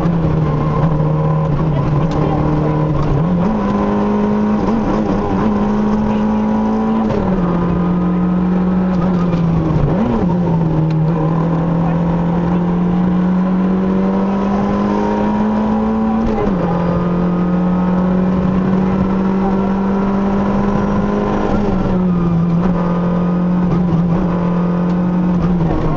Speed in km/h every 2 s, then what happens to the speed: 95, 98, 101, 114, 79, 82, 97, 108, 118, 126, 108, 109, 87.
0-6 speeds up to 114. 6-8 brakes to 79. 9-19 speeds up to 126. 19-24 brakes to 87.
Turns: none.